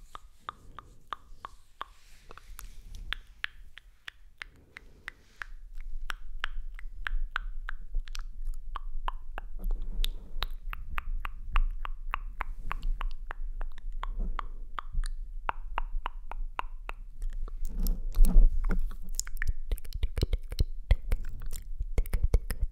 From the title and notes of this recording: MOUTH SOUNDS and OIL HAND SOUNDS ASMR.